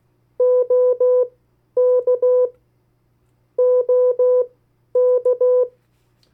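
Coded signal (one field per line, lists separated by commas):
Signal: Morse code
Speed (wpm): 16 wpm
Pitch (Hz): 500 Hz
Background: none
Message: OK OK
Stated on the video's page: Morse code practice of US state abbreviations at variable speeds.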